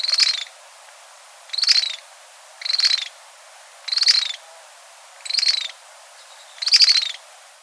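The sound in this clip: Bird giving six harsh, raspy, high calls in a row, evenly spaced, over a steady background hiss.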